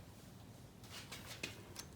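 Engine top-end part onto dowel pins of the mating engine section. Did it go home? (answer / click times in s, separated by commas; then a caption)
no / none. A metal top-end part for a Honda 400ex engine is being handled and repositioned over the locating dowel pins of the mating engine section. Soft scraping and rustling bursts sit over a low steady hum, with a brief sharp tick near 1.4 s and another near 1.8 s. The part has not dropped onto the dowels, and nothing has seated yet.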